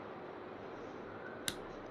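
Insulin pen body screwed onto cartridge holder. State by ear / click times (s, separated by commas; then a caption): seated / 1.5 s. An insulin pen body is attached to the cartridge holder and twisted clockwise, with steady low background noise until a single sharp click at 1.5 s. The click means the cartridge is now securely locked inside the pen.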